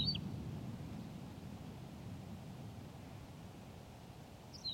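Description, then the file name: Tawny pipit song: short, high chirping phrases at the start and end, about four seconds apart, over steady low rumbling background noise. "Pipit rousseline Anthus campestris"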